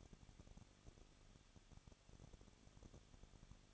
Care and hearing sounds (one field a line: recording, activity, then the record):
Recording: daily activity, microphone in the room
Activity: no activity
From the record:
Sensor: 4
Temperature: 23.0 degrees Celsius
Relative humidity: 34.0%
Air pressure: 1007.3 hPa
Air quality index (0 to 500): 215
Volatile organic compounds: 14 ppm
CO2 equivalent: 2475 ppm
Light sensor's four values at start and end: 2/3/1/1 and 2/3/1/1